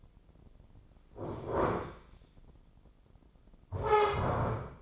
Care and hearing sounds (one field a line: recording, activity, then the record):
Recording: daily activity, microphone in the room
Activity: sit down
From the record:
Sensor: 5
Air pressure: 996.0 hPa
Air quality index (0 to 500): 247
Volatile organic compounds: 507 ppm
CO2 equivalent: 4829 ppm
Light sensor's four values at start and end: 177/422/179/196 and 177/422/179/196